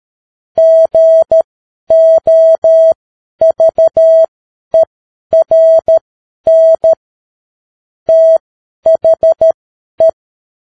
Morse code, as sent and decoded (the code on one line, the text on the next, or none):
--. --- ...- . .-. -. / - .... .
GOVERN THE